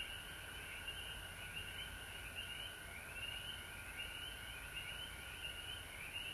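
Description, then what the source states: Frog chorus of high pulsing trills that swell and fade in repeated waves, with a steady lower tone throughout. Recorded at home in Georgia on March 19, 2020.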